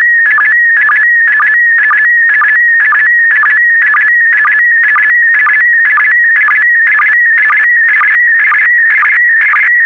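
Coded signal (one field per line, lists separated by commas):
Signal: SSTV (slow-scan television)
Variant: PD120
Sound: warbling electronic tone sliding around mid-pitch, with short low blips about twice a second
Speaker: the next image transmission will start in 10 seconds five four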